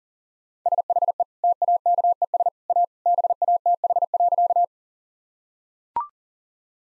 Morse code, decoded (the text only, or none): SHE TAKES A BATH.